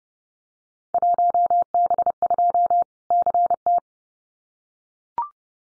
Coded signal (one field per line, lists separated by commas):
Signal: Morse code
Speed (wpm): 30 wpm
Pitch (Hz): 700 Hz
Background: none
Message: 1B2 CT